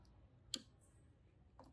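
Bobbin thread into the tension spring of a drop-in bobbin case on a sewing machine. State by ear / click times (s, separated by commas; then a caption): seated / 0.5 s. Bobbin thread being guided into the small metal tension spring of a drop-in bobbin case on a Husqvarna Viking Topaz 55 sewing machine. A sharp little click sounds at 0.5 s, followed by a softer tick near 1.6 s over a quiet background. The thread is seated under the tension spring.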